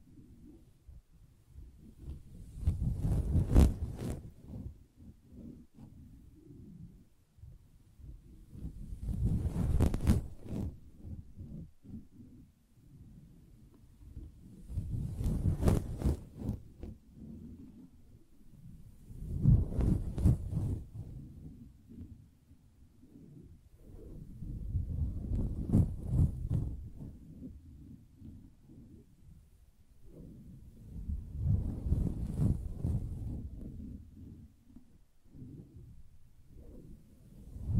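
Fingers tap and scratch on a soft fabric surface in muffled, low bursts. The rubbing swells and fades in waves roughly every five to six seconds, with faint brighter scratchy edges at each peak and quieter dull thumping between.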